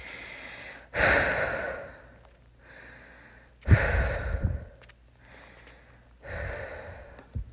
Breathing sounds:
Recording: deep breathing after running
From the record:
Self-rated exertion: moderate exertion (3 of 6)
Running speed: 5 miles an hour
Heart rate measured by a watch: 146 beats a minute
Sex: female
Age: 18 years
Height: 171 cm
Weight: 75 kg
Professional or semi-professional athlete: no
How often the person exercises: 1 to 2 times a week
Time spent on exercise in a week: under 1 hour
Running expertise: no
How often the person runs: 1 to 2 times a week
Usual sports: running, fencing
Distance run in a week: 3 km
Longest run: 21.3 km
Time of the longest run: 190 minutes

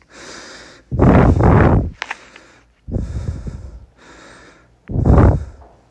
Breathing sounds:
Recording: deep breathing after running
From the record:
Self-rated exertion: light exertion (2 of 6)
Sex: male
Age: 37 years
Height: 174 cm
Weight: 76 kg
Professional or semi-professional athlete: no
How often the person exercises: over 5 times a week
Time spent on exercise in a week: over 5 hours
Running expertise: yes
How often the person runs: 3 to 5 times a week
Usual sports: running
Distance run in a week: 70 km

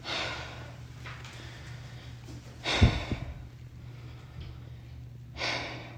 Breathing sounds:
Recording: deep breathing after running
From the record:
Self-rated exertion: light exertion (2 of 6)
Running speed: 7 miles an hour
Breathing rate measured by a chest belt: 23 breaths a minute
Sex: female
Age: 51 years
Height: 165 cm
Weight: 51 kg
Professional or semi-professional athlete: no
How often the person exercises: 3 to 5 times a week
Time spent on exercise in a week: 3 to 4 hours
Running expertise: no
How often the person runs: 3 to 5 times a week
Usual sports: running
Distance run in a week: 25 miles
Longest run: 50 km

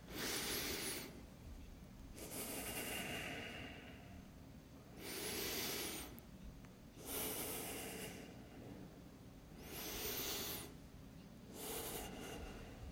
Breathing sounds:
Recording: deep breathing after running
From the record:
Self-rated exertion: very light exertion (1 of 6)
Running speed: 6 miles an hour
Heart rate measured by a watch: 104 beats a minute at the start, 112 at the end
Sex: male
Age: 24 years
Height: 185 cm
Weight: 79 kg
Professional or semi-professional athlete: no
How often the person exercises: 1 to 2 times a week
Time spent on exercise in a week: 2 to 3 hours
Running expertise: no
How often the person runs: 1 to 2 times a week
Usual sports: running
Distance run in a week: 20 km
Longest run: 10 km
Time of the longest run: 50 minutes

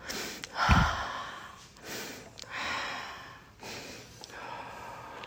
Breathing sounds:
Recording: deep breathing after running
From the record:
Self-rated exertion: moderate exertion (3 of 6)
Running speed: 8 miles an hour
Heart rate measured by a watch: 110 beats a minute at the start, 111 at the end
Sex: female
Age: 55 years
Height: 157 cm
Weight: 48 kg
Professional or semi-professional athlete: yes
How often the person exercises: every day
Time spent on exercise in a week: over 5 hours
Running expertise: yes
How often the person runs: 3 to 5 times a week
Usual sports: running, swimming, yoga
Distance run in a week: 40 miles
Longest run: 20 miles

